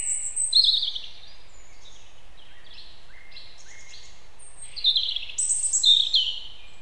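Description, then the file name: European robin singing a varied warble of high sliding whistles and tinkling notes, a phrase at the start, quieter notes in the middle and a richer burst near the end, with faint background hiss. "Erithacus rubecula"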